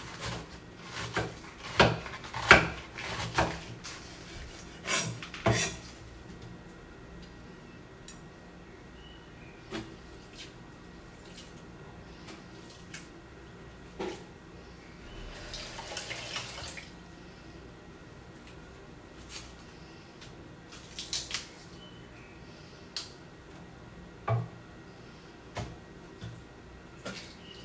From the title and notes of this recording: ASMR｜Shredding Cabbage.